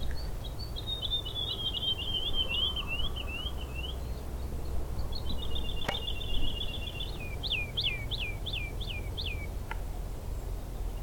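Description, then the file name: Woodlark singing two phrases of rapid looping notes, the second ending in a slower run of distinct downslurred whistles; two sharp clicks and steady low rumble throughout. Recorded 16 March 2023 on a lower path. "Alouettes-lulu 2023-03-16 sentier bas"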